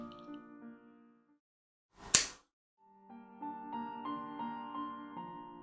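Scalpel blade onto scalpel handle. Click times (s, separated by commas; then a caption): 2.1 s. A steel scalpel blade is slid onto the keyed fitting of a scalpel handle while the blade is held still, and it clicks and locks into place at 2.2 s. A sharp, loud hit follows right after. Music plays quietly before and after the click.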